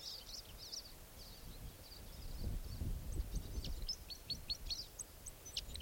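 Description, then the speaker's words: Crossbill song, a series of short high notes over low rumbling background noise. Male, orange crossbill singing from a very tall fir tree in a grove by the roadside; windy. "Definitely Crossbill's song coming from the roadside."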